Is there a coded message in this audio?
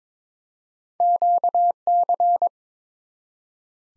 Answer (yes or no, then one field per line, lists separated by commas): yes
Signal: Morse code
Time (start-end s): 1.0-2.5 s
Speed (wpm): 22 wpm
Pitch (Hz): 700 Hz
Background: none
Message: QC